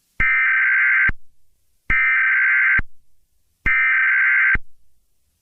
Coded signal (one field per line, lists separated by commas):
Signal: Emergency Alert System (SAME) tones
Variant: header bursts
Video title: Creepy EAS Mock: Do Not Go to Sleep Tonight